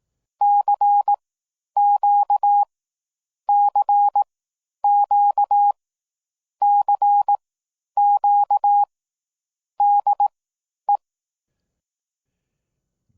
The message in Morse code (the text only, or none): C Q C Q C Q D E